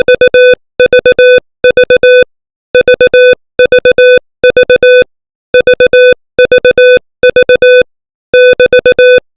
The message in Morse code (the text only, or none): UVV VVV VVV <BT>